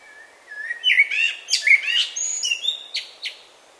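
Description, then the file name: Common blackbird song, a short run of fluted whistles turning into rapid high squeaks and thin notes. "Turdus merula"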